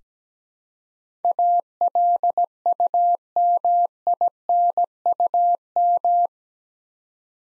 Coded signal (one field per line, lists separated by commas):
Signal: Morse code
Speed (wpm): 17 wpm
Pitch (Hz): 700 Hz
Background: none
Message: ALUMINUM